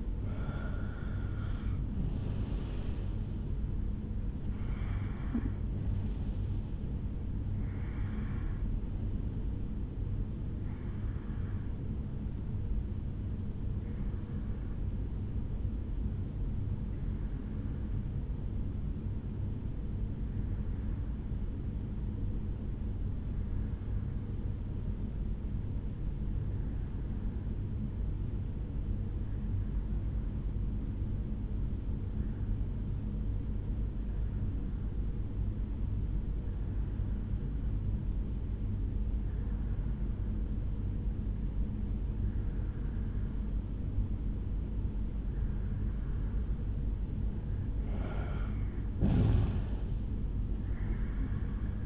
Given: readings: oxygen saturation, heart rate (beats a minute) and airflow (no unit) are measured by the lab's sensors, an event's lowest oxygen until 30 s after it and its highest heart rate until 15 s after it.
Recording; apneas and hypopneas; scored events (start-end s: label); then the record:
breathing in sleep by a smartphone at the bedside; 1
13.00-46.20 s: hypopnea (REM, oxygen 96% highest, then 85% lowest, heart rate 62 at the start, 75 highest)
From the record:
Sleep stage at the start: REM sleep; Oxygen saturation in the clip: 86 to 96%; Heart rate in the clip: 54 to 77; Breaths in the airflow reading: 10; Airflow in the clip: -8.7 to 6.8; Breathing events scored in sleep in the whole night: 449 in 7.0 hours asleep